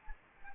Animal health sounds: mosquito wingbeat signal from an infrared sensor; Anopheles gambiae

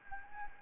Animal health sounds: mosquito wingbeat signal from an infrared sensor; Anopheles gambiae

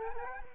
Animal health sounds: mosquito wingbeat signal from an infrared sensor; Culex quinquefasciatus

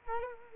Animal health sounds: mosquito wingbeat signal from an infrared sensor; Culex quinquefasciatus

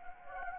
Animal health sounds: mosquito wingbeat signal from an infrared sensor; Anopheles gambiae

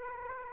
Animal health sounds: mosquito wingbeat signal from an infrared sensor; Aedes aegypti

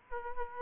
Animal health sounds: mosquito wingbeat signal from an infrared sensor; Aedes aegypti

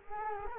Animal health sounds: mosquito wingbeat signal from an infrared sensor; Culex quinquefasciatus

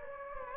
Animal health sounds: mosquito wingbeat signal from an infrared sensor; Anopheles gambiae

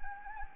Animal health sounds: mosquito wingbeat signal from an infrared sensor; Anopheles gambiae

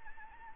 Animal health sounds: mosquito wingbeat signal from an infrared sensor; Anopheles arabiensis

